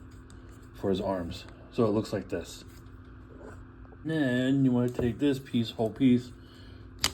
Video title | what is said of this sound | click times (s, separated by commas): TRANSFORMERS - AotP Nexus Prime | It's going to snap into place. | 7.0 s